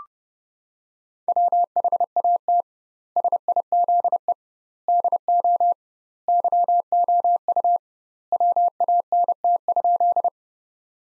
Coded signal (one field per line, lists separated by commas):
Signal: Morse code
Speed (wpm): 32 wpm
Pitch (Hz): 700 Hz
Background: none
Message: WHAT SIZE DO YOU WANT?